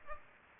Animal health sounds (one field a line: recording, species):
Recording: mosquito wingbeat signal from an infrared sensor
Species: Culex pipiens